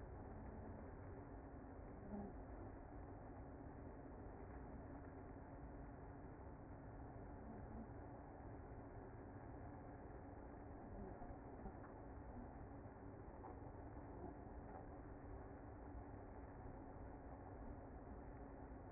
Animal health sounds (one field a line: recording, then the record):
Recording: honeybee colony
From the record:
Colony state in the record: active